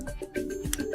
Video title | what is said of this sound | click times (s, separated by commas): Garmin Fenix 8 Pro – All Tutorials: Pairing, Reset, Wi-Fi, Apps, Battery, & Tips | like this and it will click in. And once it does, | 0.7 s